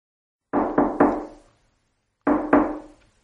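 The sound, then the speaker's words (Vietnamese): Knocking on Noãn Tâm's door by Nam Cung Thiếu Khiêm: three firm, quick raps, a brief pause, then two more, each with a solid, resonant thud that fades quickly. No voices accompany the knocks. “Noãn Tâm mở cửa, rất ngạc nhiên khi thấy người đứng ngoài cửa là Nam Cung Thiếu Khiêm.”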